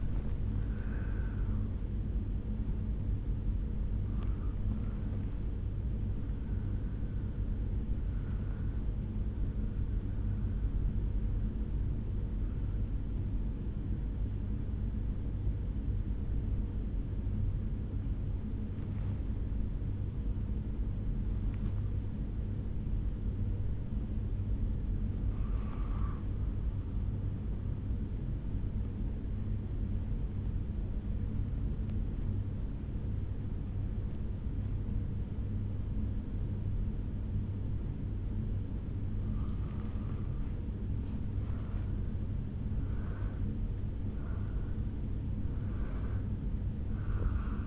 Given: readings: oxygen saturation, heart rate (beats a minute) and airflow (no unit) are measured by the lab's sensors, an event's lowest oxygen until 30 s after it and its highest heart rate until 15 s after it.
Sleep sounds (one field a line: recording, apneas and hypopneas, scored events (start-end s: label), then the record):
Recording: breathing in sleep by a smartphone at the bedside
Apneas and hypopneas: 1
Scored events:
2.00-47.67 s: new sleep stage, N1 (lightest sleep)
16.00-41.40 s: hypopnea (N1, oxygen 96% highest, then 87% lowest, heart rate 56 at the start, 72 highest)
From the record:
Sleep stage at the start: N2 (light sleep)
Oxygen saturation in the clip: 91 to 96%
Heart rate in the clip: 54 to 79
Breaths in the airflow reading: 11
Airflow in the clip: -10.1 to 5.3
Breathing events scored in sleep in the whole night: 449 in 7.0 hours asleep